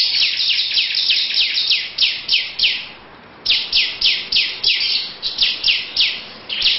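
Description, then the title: Lovebird giving a rapid series of harsh, downward-sweeping chirps about three a second, with a short gap midway. Long "ngekek panjang" song style. "Audio Lovebird Ngekek Panjang Ciblek"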